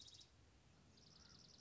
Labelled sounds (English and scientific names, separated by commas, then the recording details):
Dark-eyed Junco (Junco hyemalis)
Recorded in Sonoma County, California